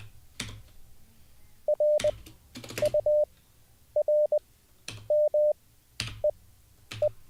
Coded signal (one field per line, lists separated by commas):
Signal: Morse code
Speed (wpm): 20 wpm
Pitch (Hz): 590 Hz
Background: none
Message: R U R M E E